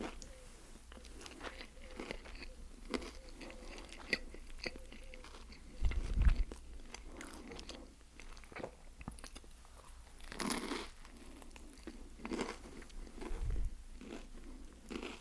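Someone eating fried chicken burgers and bites, with crisp crunching bites and chewing sounds recurring every second or so. Louder, thicker crunches land around six, ten and thirteen seconds, with a low thump under some, and a faint steady hum runs underneath.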